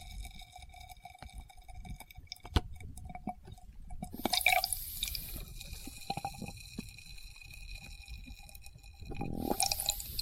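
Experimental triggers in test tubes: glassy taps and clicks, a sharp knock near 2.5 seconds, with wet squishy rustles and a bright hiss near the end.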